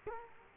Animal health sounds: mosquito wingbeat signal from an infrared sensor; Culex quinquefasciatus

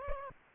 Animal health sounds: mosquito wingbeat signal from an infrared sensor; Aedes aegypti

